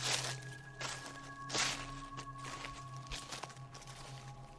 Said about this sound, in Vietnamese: Không có tiếng đáp lại. Tiếng bước chân dừng lại một lúc, rồi sau đó lại tiếp tục vang lên.